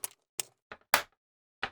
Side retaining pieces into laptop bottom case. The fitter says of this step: it'll kind yeah it should snap you hear that snapping in in these side pieces